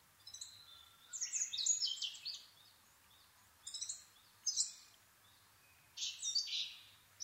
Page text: kosamebitaki 20110426-0439. Muscicapa dauurica. 4/ 26 2011, 4:39 alt=730m